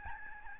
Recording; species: mosquito wingbeat signal from an infrared sensor; Aedes albopictus